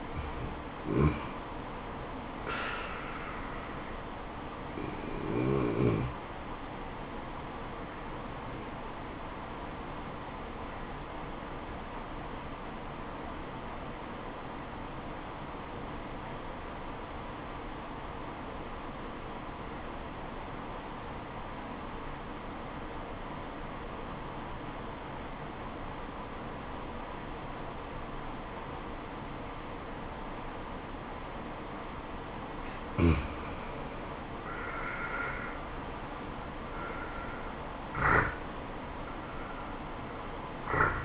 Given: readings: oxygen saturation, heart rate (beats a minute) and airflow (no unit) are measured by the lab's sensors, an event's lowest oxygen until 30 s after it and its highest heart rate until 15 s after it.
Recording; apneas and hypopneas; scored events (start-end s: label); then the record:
breathing in sleep by a voice recorder at the bedside; 1
9.00-35.40 s: obstructive apnea (N2, oxygen 96% highest, then 82% lowest, heart rate 73 at the start, 75 highest)
From the record:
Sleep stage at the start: N2 (light sleep); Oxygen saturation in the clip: 86 to 96%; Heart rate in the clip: 64 to 75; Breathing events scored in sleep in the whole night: 426 in 7.4 hours asleep